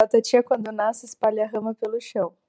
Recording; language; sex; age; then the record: short text; Brazilian Portuguese; female; 30 to 39 years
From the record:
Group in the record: control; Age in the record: 31 years